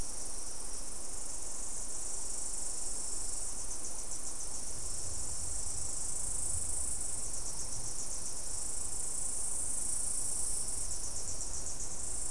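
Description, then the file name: Insects keeping up a continuous, very high-pitched shrill drone, with pulsed trilled bursts coming and going every few seconds over a faint low rumble. "mainly insect"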